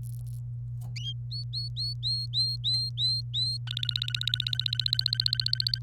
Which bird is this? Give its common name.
Domestic Canary